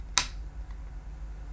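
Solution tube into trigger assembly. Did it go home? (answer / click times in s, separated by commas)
yes / 0.2 s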